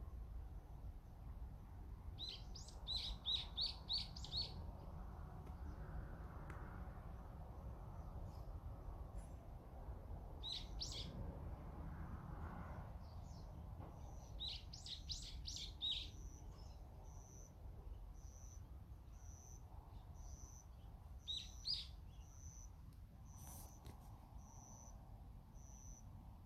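Birds chirp in bright, quick bursts around 2–5, 11 and 15–16 seconds, then a steady repeated high note, over constant low rumbling background noise.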